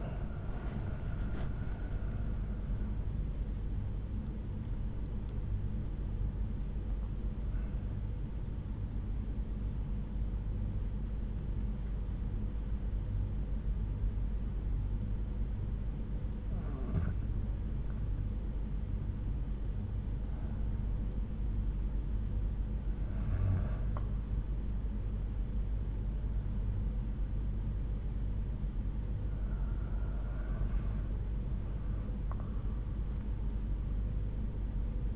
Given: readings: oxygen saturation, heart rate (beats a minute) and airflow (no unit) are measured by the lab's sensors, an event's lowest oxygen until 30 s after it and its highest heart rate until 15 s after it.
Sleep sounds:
breathing in sleep by a smartphone at the bedside; 1
7.00-21.60 s: hypopnea (N2, oxygen 97% highest, then 94% lowest)
From the record:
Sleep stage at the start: N2 (light sleep); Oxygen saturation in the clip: 93 to 97%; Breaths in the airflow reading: 7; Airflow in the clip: -7.3 to 8.9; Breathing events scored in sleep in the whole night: 368 in 8.0 hours asleep

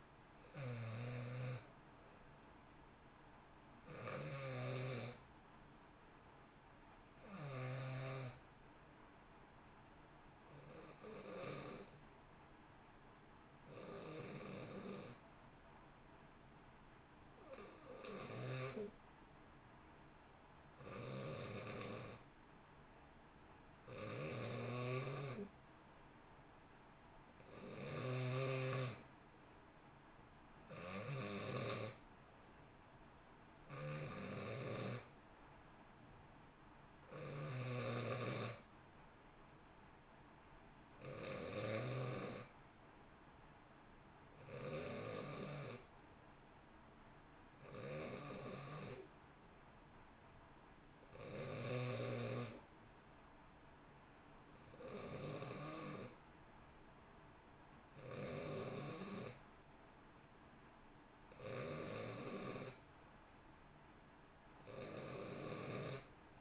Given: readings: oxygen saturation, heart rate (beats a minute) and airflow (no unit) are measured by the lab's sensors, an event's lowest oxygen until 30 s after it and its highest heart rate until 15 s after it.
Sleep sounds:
breathing in sleep by a voice recorder at the bedside; 1
15.00-29.30 s: hypopnea (N2, oxygen 92% highest, then 88% lowest, heart rate 62 at the start, 62 highest)
From the record:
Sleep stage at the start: N2 (light sleep); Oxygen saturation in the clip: 88 to 92%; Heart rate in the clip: 57 to 64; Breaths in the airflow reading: 18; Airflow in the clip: -1.1 to 1.6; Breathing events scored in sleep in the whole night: 328 in 6.3 hours asleep

